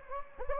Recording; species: mosquito wingbeat signal from an infrared sensor; Anopheles gambiae